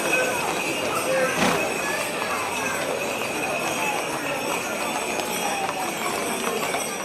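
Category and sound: animal, horses' hooves clip-clopping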